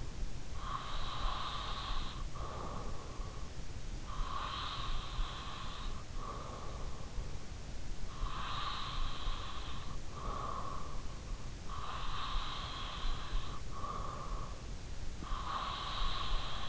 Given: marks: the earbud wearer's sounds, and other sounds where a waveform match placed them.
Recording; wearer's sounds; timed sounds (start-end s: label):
sounds in sleep by an in-ear microphone; breath
0.00-6.26 s: breath
7.51-16.69 s: breath